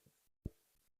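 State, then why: Seated. A bobbin case is pushed into the rotary hook under the cover of a longarm quilting machine. A small, faint metallic snap at 0.5 s marks the case clicking into place, with quiet handling sounds around it. The bobbin case is seated properly in the hook.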